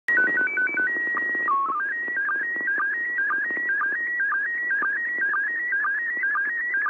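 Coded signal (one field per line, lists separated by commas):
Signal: SSTV (slow-scan television)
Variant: PD 120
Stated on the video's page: ISS slow scan television broadcast on the 145.800 MHz downlink, decoded in real time.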